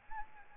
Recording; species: mosquito wingbeat signal from an infrared sensor; Aedes albopictus